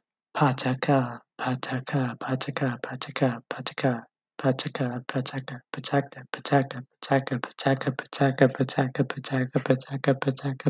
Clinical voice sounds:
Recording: repeated syllables /pa ta ka/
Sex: male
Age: 20 to 29 years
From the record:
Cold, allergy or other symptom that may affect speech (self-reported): no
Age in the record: 25 years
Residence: Texas, United States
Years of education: 16

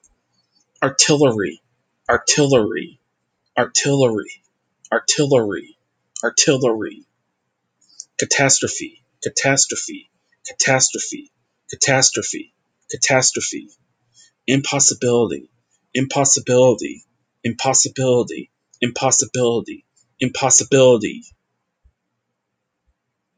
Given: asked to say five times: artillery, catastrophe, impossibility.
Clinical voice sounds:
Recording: three words, each repeated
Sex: male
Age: 30 to 39 years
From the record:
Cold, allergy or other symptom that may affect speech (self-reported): no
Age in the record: 36 years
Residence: Nevada, United States

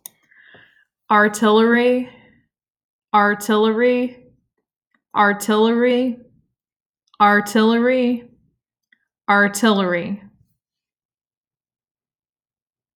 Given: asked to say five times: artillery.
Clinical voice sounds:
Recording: repeated word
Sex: female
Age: 30 to 39 years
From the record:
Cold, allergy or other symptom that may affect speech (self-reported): no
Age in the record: 38 years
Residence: Missouri, United States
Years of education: 19

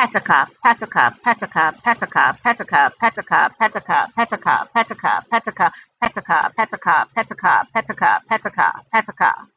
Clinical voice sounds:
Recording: repeated syllables /pa ta ka/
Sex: female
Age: 40 to 49 years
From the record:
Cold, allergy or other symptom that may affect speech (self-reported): no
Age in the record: 48 years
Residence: Louisiana, United States

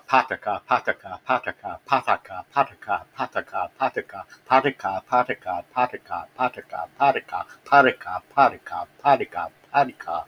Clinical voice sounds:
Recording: repeated syllables /pa ta ka/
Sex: male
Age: 60 to 69 years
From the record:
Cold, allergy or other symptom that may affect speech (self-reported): no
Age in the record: 60 years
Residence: Illinois, United States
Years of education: 16

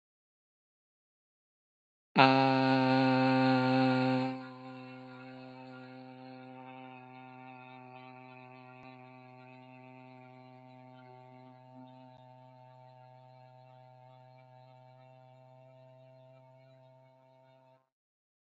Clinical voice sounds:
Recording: vowel held as long as possible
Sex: male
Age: 30 to 39 years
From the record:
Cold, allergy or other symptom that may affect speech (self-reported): no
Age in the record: 30 years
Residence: Florida, United States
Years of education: 16

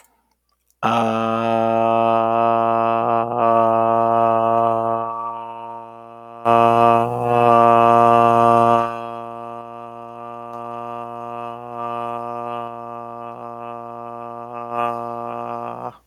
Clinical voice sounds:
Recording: vowel held as long as possible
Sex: male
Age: 20 to 29 years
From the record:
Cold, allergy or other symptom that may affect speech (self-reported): no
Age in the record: 29 years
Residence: South Carolina, United States

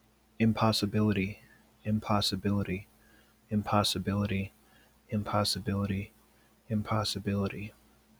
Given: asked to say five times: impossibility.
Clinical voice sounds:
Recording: repeated word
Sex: male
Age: 40 to 49 years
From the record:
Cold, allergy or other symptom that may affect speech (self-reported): no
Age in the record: 40 years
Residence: Minnesota, United States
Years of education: 12

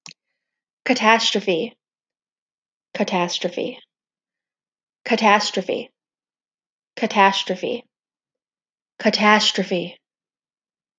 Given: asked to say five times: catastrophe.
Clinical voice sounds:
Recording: repeated word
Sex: female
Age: 20 to 29 years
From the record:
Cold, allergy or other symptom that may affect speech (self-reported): no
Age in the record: 27 years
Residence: Wisconsin, United States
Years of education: 13

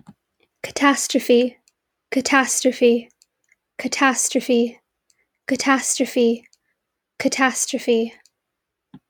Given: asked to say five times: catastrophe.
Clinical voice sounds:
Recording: repeated word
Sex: female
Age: 18 to 19 years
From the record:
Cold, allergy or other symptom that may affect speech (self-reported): no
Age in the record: 19 years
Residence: California, United States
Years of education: 13

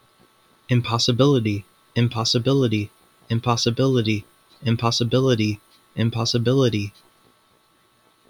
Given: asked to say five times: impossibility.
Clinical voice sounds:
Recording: repeated word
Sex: male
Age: 30 to 39 years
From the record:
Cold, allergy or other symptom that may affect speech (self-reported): no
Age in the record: 36 years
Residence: Michigan, United States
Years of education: 17

